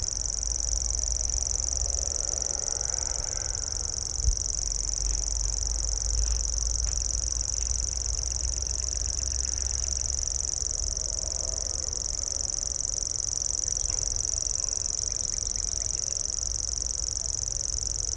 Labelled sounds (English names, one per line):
Common Grasshopper Warbler song